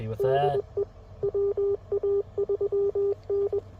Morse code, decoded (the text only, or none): DE WA3N